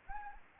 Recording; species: mosquito wingbeat signal from an infrared sensor; Anopheles arabiensis